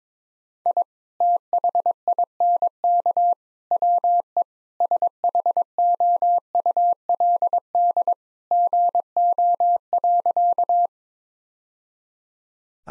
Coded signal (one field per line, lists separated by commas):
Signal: Morse code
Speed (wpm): 22 wpm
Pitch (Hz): 700 Hz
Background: none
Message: I THINK WE SHOULD GO.